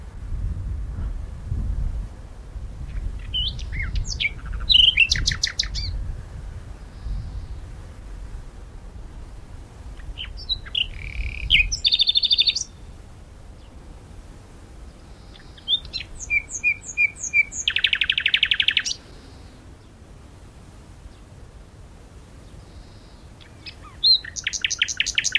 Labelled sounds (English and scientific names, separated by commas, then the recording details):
Common Nightingale (Luscinia megarhynchos) song
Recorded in the wild
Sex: male
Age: adult
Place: Berlin, OT Blankenfelde, Berlin, DE
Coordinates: 52.6375, 13.4131
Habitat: bush
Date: 1988-04-30 11:35
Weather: sunny, 16-20°C
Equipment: Nagra SN, Kopie Tesla B 116
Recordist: Tembrock, Günter
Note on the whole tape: Bei den Arkenbergen, ehemalige Kiesgrube. Männchen: Gesang